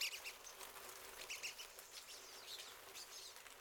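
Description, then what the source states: Pine siskins calling as a flock, a steady high twittering chatter. Several pine siskins.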